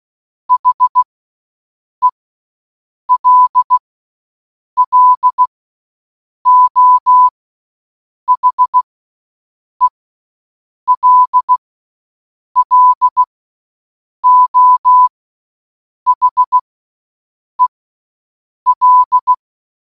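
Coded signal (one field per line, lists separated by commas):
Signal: Morse code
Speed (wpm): 16 wpm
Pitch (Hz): 1000 Hz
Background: none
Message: HELLO HELLO HEL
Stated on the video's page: The word hello sent in Morse code, repeated for one hour.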